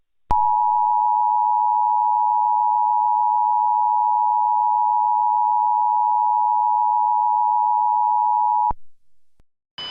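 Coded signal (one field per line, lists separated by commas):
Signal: Emergency Alert System (SAME) tones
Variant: 853 and 960 Hz attention tone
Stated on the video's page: Simulated Emergency Alert System alert, part of a fictional scenario series.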